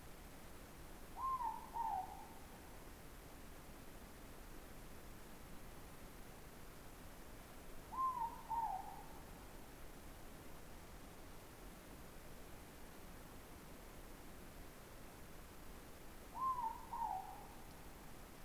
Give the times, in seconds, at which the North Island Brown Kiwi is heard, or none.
none